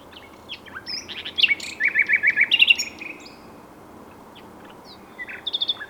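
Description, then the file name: Common nightingale song: a rapid run of even, metallic notes near the middle, framed by short chirps, then a pause and a brief phrase at the end. "Luscinia megarhynchos"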